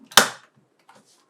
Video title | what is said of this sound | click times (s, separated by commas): Dymo LetraTag 200B - Kutu Açılış ve Kurulum | oturunca çıt diye bir ses geldi Buradan oturduğunu Anladım | 0.2 s